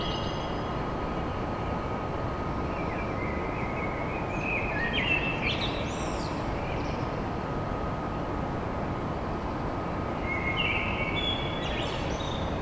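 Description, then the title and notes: Common blackbird singing two melodious phrases with scratchy high endings, a long pause between them, over a persistent low hum. Recorded at dawn in Paris. "Blackbird Poetry At Paris. Enregistrement d'un chant de merle à l'aube dans Paris"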